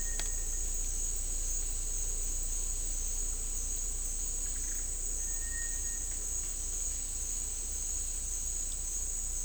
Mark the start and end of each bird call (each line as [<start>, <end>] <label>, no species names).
[0.00, 0.50] bird call
[4.36, 4.84] bird call
[5.16, 6.06] bird call